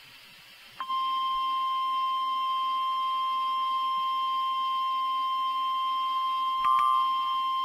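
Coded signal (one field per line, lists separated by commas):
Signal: Emergency Alert System (SAME) tones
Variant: 1050 Hz attention tone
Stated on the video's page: Severe thunderstorm watch from the Storm Prediction Center, aired on a NOAA Weather Radio station.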